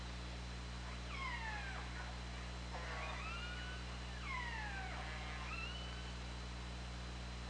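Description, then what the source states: Orca calls repeated several times, with layered harmonics and a constant low background hum. Captured by an OrcaLab hydrophone on 24 August 2017 at 20:25.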